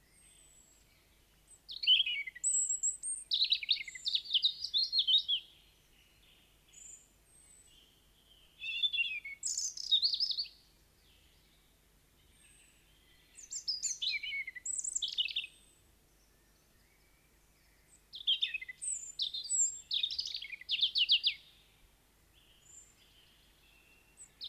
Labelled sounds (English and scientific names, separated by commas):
European Robin (Erithacus rubecula) song